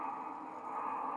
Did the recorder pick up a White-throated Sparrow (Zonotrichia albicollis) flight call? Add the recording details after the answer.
no. No flight call is heard. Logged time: 02:34 on 5 December 2014